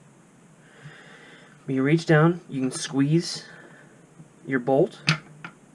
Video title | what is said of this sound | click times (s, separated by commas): #BlindChallenge Benelli Supernova breakdown | You can hear, at which point you hear it click. That's as you compress it, it spins, | 5.5 s